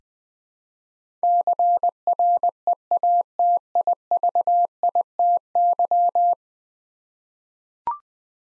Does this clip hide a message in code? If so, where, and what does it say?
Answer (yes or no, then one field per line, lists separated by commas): yes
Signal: Morse code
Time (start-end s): 1.2-6.3 s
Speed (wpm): 20 wpm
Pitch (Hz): 700 Hz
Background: none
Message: CREATIVITY